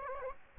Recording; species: mosquito wingbeat signal from an infrared sensor; Aedes aegypti